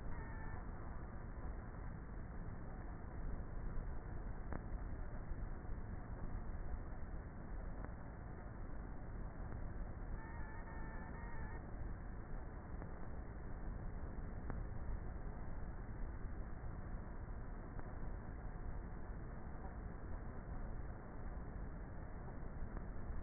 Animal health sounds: honeybee colony, microphone inside the hive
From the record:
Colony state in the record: queenless with a low population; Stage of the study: before two queens were removed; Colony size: about 30,000 bees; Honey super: no

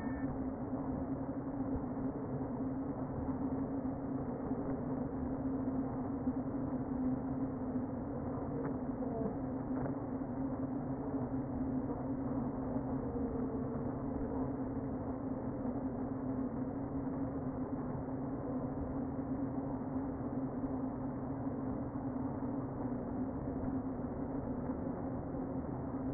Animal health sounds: honeybee colony, microphone inside the hive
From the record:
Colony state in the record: queen present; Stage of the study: before two queens were removed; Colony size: about 60,000 bees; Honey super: yes

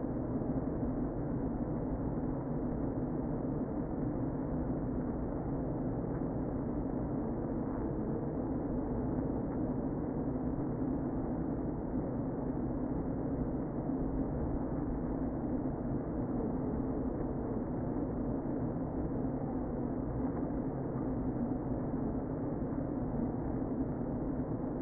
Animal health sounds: honeybee colony, microphone inside the hive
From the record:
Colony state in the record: queen present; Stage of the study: before two queens were removed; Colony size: about 60,000 bees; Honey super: yes

